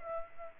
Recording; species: mosquito wingbeat signal from an infrared sensor; Aedes aegypti